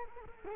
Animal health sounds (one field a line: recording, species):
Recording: mosquito wingbeat signal from an infrared sensor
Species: Culex quinquefasciatus